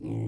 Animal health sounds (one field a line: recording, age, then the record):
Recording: pig call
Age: weaner (32 to 43 days)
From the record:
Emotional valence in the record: negative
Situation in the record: novel object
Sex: female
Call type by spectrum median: low-frequency call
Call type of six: low-frequency stable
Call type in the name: low-frequency stable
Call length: 0.28 s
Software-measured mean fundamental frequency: 55 Hz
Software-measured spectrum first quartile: 116 Hz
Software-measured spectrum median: 193 Hz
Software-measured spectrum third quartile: 330 Hz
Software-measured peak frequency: 303 Hz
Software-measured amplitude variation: 98 dB a second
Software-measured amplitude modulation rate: 34.2 a second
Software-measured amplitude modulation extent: 2.9 dB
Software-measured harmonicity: 0.1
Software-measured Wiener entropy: -0.22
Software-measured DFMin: 1317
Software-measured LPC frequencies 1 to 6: 282, 702, 2211, 3954, 5071, 6786 Hz